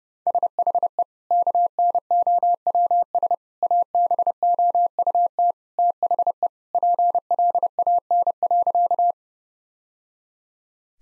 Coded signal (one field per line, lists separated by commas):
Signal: Morse code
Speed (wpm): 30 wpm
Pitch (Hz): 700 Hz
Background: none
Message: SHE KNOWS ABOUT THE PLAN.